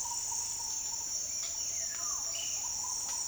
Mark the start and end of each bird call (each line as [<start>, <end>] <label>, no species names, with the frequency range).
[1.51, 2.72] bird call (1.4-4.0 kHz)